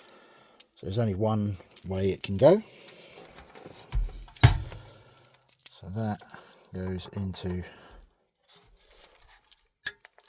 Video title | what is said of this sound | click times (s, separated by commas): Sony XAV-AX3250 PART 2 - FIRST FITTING | there I hope you heard that little click to say that it was in | 9.9 s